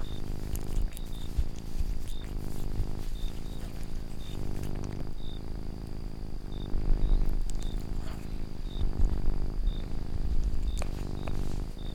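Domestic cat purring steadily, a low rumbling pulse swelling and easing with each breath, with faint short high chirps recurring in the background.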